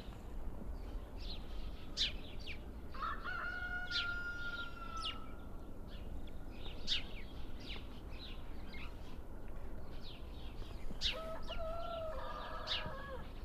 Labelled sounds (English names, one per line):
House Sparrow call